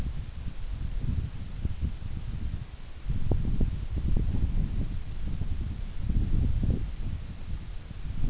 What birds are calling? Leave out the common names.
none